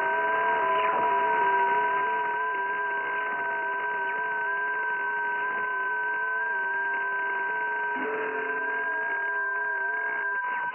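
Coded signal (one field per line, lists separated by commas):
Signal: FT8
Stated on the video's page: FT8 on 28 MHz, FTdx101MP at 200 W, rotating 4-element Yagi at 17 m height, contacts with Argentina, Vietnam, Australia.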